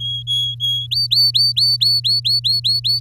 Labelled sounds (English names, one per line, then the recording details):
Domestic Canary song
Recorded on 7 May 2018 at 17:10
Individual llb16